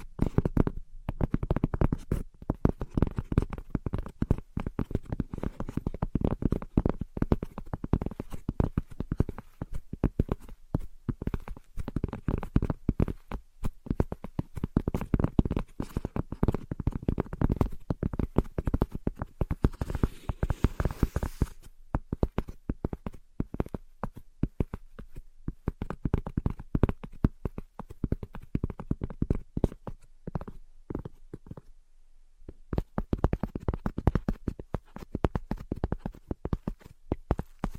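Tapping and scratching sounds come in a dense, uneven stream of quick clicks and knocks. The strokes are mostly low and dull with brighter edges, and there is a brief hiss around twenty seconds. The sounds stop for a moment near thirty-two seconds, then resume.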